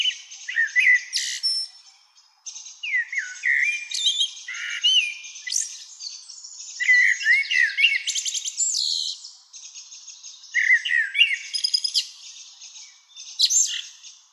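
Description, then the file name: Common blackbird singing continuously: rich whistled warbles sliding up and down, interleaved with high squeaky flourishes, phrases repeated with only short breaks. "Turdus merula"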